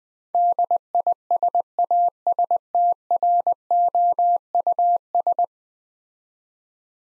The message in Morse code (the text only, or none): DISASTROUS